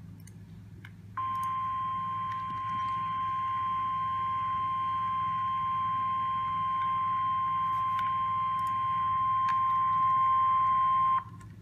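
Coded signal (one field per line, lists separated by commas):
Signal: Emergency Alert System (SAME) tones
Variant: 1050 Hz attention tone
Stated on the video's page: Civil emergency message relayed by National Weather Service over a NOAA weather radio station, sent 30 minutes late.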